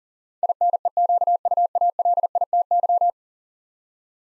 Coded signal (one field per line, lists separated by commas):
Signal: Morse code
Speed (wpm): 37 wpm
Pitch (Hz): 700 Hz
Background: none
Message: INEQUALITY